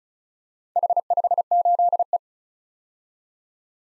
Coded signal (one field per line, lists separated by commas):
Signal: Morse code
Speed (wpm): 34 wpm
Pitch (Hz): 700 Hz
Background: none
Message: H58E